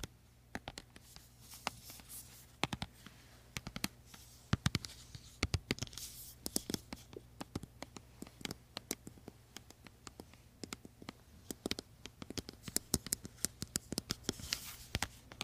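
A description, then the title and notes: Creamy products being worked by hand, with dense, irregular sharp sticky clicks and taps throughout over a steady low hum. ASMR First Person Skin care Room (Korean) (ASMR Boyoung). This Asmr has a lot of creamy products, and a lot of massages.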